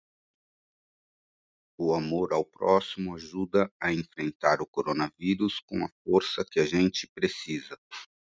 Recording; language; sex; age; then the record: spoken sentence; Brazilian Portuguese; male; 50 to 59 years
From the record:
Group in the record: control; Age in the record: 57 years